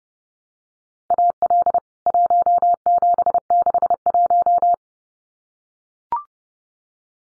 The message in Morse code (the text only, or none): AL 1761